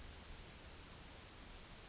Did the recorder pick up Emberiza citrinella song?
no